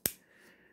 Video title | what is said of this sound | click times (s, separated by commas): How to Transform 2005 Transformers Cybertron Undermine and Brimstone | hurt you heard that click and what it's supposed to do is it's supposed to make his head spring up out of the body | 0.1 s